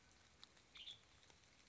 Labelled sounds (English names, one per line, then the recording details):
Western Tanager
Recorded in Sonoma County, California